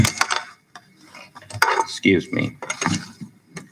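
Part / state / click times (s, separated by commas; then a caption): light bulb into its fixture socket / not seated / none. A light bulb is handled at its fixture socket, giving a series of short, sharp clinks and taps while someone talks. The bulb has not yet locked into the fixture; nothing has seated or clicked.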